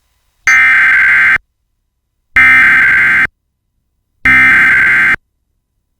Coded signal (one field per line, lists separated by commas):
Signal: Emergency Alert System (SAME) tones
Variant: header bursts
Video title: EAS - Shelter in Place Warning Issued in Chelan County, Washington